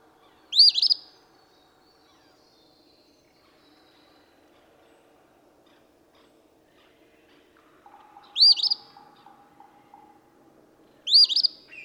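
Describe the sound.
Eastern phoebe singing its harsh, buzzy two-note phrase three times at uneven intervals, with a faint droning background.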